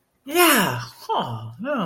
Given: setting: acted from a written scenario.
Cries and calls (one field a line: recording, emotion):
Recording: vocal sound without words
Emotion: elation